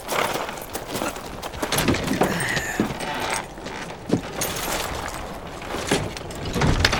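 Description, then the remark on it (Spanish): Passengers climb into a horse-drawn coach bound for the Billstorm manor: wooden creaks and clunks, a few sharp knocks and scattered hoof clops over a steady, rough background rumble, with no one speaking. “Andando entonces, subamos al coche.”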